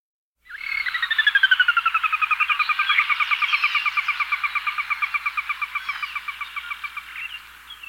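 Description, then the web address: Sora whinny: a long, rapid series of bright notes that descends in pitch and fades toward the end. Chicago region. "Birds of the Chicago Region. Sora"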